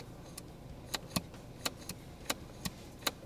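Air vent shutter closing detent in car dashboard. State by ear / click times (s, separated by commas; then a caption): seated / 0.9 s, 1.2 s, 1.7 s, 2.3 s, 2.7 s, 3.1 s. In an MG HS dashboard, the closing control of an air vent is operated repeatedly, and a small pin makes the plastic shutter click into its closed detent. The click is deliberately metallic to give an impression of quality. Six sharp clicks sound at 1.0, 1.2, 1.7, 2.3, 2.7 and 3.1 seconds over a low background hum, each seating the shutter closed.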